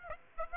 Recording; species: mosquito wingbeat signal from an infrared sensor; Aedes aegypti